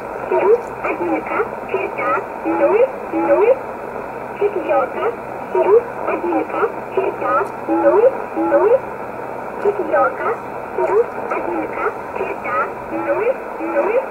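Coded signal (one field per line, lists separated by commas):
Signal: numbers station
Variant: S11a Cherta, Russian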